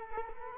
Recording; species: mosquito wingbeat signal from an infrared sensor; Culex quinquefasciatus